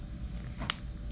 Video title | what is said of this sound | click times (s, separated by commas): Rebuilding K20 Part 1 | All right, there it went in the groove. You heard it clip. | 0.7 s